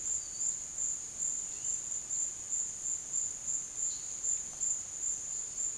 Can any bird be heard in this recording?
no